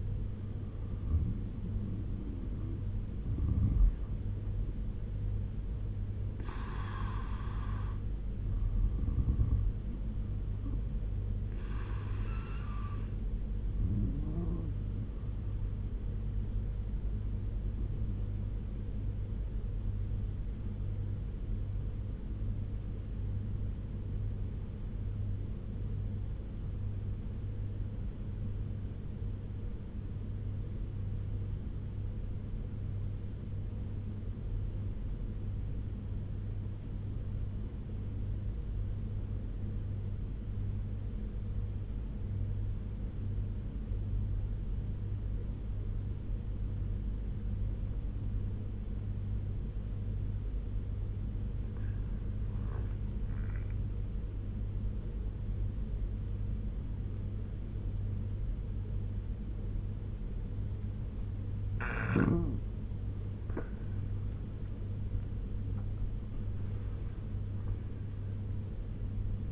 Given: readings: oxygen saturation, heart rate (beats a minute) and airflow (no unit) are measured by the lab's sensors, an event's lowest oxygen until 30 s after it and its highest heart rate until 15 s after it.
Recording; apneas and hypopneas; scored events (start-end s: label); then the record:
breathing in sleep by a smartphone at the bedside; 1
22.00-69.52 s: new sleep stage, N2 (light sleep)
24.00-63.80 s: obstructive apnea (N2, oxygen 96% highest, then 83% lowest, heart rate 74 at the start, 90 highest)
From the record:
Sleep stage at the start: N1 (lightest sleep); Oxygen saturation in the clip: 85 to 96%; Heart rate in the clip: 69 to 90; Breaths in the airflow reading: 6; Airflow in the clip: -11.4 to 10.7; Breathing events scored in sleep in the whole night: 201 in 6.5 hours asleep